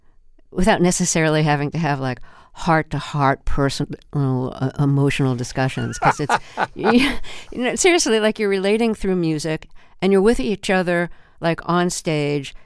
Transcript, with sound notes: without necessarily having to have, like, heart-to-heart, personal, emotional discussions because it's...
(Laughter).
You know, seriously. Like, you're relating through music, and you're with each other, like, onstage.